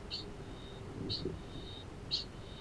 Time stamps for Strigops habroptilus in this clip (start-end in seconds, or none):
0.05-2.61